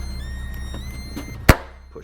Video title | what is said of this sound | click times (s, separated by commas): Impala 9C1 Fixing Dome Light and Fender Liner | push that in it clicks into place so there you go | 1.5 s